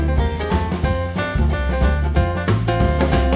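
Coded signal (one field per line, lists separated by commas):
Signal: none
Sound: music drum beats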